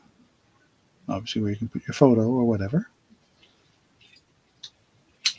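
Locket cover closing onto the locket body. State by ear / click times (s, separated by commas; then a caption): seated / 5.3 s. Someone talks, then the hinged cover of a metal locket pendant is closed onto the locket body. Its catch snaps shut with a sharp click at 5.3 s, and the lid is seated.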